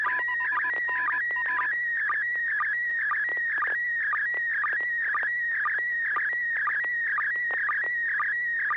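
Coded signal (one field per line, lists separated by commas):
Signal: SSTV (slow-scan television)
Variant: PD120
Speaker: this will be pd120 and I actually don't know what this is so we'll we'll figure it out together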